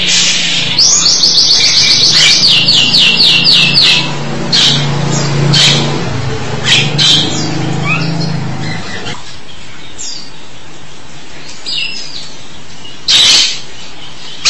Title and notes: suara burung jalak